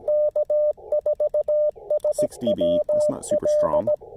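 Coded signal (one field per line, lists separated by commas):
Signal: Morse code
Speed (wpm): 17 wpm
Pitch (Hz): 600 Hz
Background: speech, radio noise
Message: K4SWL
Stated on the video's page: CW on a POTA park activation using the Chameleon Tactical Delta Loop antenna.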